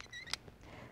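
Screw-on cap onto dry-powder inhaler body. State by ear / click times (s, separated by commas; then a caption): seated / 0.3 s. A plastic screw-on cap is twisted to the right onto the base of a dry-powder inhaler until it is fully closed. A sharp, bright click at 0.3 s marks the cap seating, which lines up the cap pointer with the counter window. Faint softer ticks follow.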